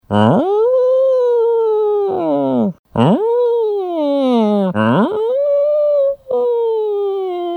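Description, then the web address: Cat giving long, wavering moaning yowls that rise and fall in pitch, four drawn-out cries separated by brief pauses. Domestic cat giving a warning growl. "Cat Warning"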